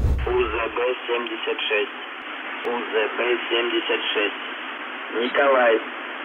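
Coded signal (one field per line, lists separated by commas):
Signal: numbers station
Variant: UVB-76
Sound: a voice reading short clipped words over a narrow, hissy shortwave channel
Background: radio static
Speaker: pīkstēšana apraujas un tiek pārraidīta ar cilvēka balsi ierakstīta ziņa kura pirmajā skatienā nesaturēja ne kādu jēgu uzlikšu jums paklausīties šo ziņojumu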